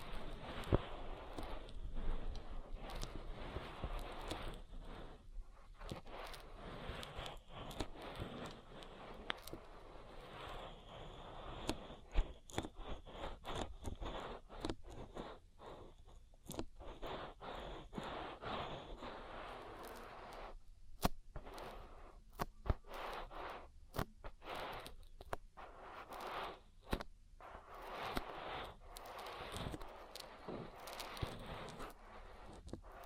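An oil ear massage makes a dense, continuous wash of soft rubbing, scraping and crackling, with sharper squelchy clicks and brief quiet gaps.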